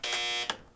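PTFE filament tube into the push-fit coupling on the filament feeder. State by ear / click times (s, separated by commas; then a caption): seated / 0.5 s. A plastic PTFE filament tube is pushed into the push-fit coupling on the filament feeder. A steady, bright buzzing tone runs from about 0.0 to 0.4 s, then a sharp short click sounds at 0.5 s and fades quickly. The tube clicks in and is seated in its fitting.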